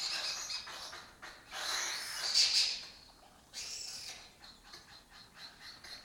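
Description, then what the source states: Lesser kestrels in a dense, continuous rasping chatter, with overlapping harsh calls swelling and fading throughout. Breeding colony in an abandoned building in Doñana, southern Europe; migratory raptor that spends its foraging time in West Africa.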